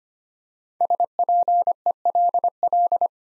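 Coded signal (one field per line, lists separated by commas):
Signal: Morse code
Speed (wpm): 25 wpm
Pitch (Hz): 700 Hz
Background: none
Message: SPELL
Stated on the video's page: Morse drill of 5-letter words at 25 wpm, each word sent twice after its first three letters are spoken.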